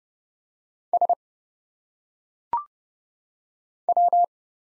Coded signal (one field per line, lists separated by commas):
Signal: Morse code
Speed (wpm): 29 wpm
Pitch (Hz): 700 Hz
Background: none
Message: S W